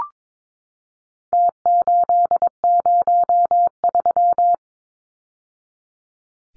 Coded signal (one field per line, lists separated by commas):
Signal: Morse code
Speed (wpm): 22 wpm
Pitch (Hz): 700 Hz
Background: none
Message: T803